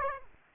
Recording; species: mosquito wingbeat signal from an infrared sensor; Aedes aegypti